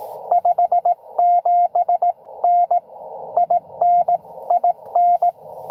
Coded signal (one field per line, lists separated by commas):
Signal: Morse code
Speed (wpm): 23 wpm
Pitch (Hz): 700 Hz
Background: radio noise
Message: 57N IN IN